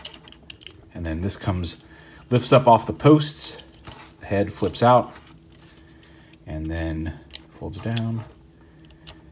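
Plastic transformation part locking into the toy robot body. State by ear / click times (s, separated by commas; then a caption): seated / 9.1 s. Someone talks while transforming a Machine Robo MR-07 Shuttle Robo plastic toy from robot to shuttle, with a few small plastic ticks as a part lifts off its posts and the head flips out. A plastic part is then pulled down and locks into the robot body with a small click at 9.1 s.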